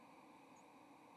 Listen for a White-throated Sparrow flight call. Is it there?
no